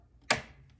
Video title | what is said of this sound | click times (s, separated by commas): cabinets | You'll hear it click in, and then that just kind of finishes it off so they look nice. | 0.3 s